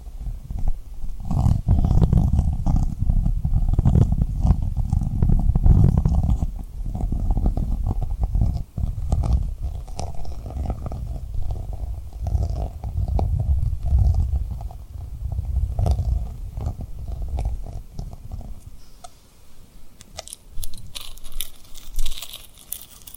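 Tapping and rubbing on rhinestones, with dense low rustling and quick crackly taps throughout, turning sparser and brighter with scratchy clicks near the end.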